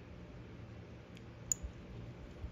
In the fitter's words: and once you push it in there you'll hear a click that was super simple